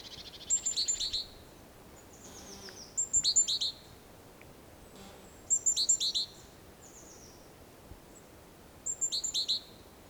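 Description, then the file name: Great tit singing several short bright phrases of a few thin high and lower notes, with faint other chirps between them. "Parus major"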